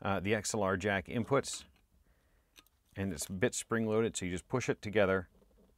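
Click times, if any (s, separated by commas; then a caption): none. Someone talks while the XLR plug of a Neumann condenser mic is lined up with the spring-loaded XLR jack of a Saramonic SR-VRM1 wireless recorder and pushed together. A couple of faint ticks of handling are heard around 2.6 seconds between the talking. Nothing has seated or clicked yet.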